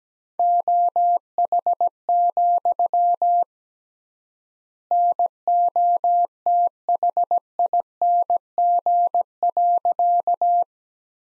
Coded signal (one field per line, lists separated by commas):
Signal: Morse code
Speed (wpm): 17 wpm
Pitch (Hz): 700 Hz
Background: none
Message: OH, NOTHING.